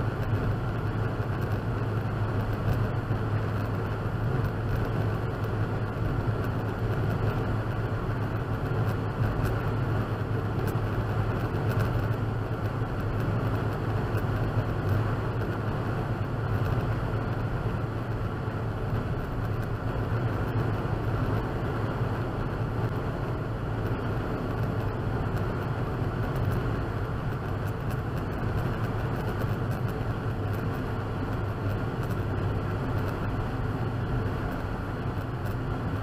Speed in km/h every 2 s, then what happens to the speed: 106, 106, 106, 108, 108, 108, 108, 108, 109, 109, 109, 109, 111, 111, 105, 103, 100, 95.
0-27 steady at about 108. 27-36 slows to 95.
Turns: none.